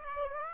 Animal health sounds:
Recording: mosquito wingbeat signal from an infrared sensor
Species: Aedes aegypti

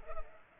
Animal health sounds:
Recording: mosquito wingbeat signal from an infrared sensor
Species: Culex pipiens

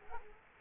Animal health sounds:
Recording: mosquito wingbeat signal from an infrared sensor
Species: Culex quinquefasciatus

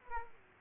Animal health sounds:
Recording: mosquito wingbeat signal from an infrared sensor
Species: Aedes aegypti

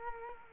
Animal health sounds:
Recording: mosquito wingbeat signal from an infrared sensor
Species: Culex quinquefasciatus

